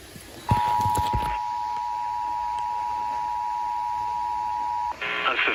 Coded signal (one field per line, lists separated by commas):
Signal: Emergency Alert System (SAME) tones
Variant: 853 and 960 Hz attention tone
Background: speech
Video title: SVR GALORE XI: LATE AUGUST ACTION... EAS Alerts from 8/29/23 (EAS #2,967 - 3,002)